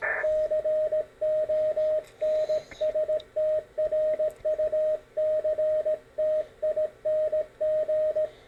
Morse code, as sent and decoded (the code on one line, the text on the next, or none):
-.-. --- -. ... - .-. ..- -.-. - .. -. --.
CONSTRUCTING